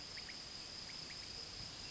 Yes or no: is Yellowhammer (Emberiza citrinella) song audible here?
no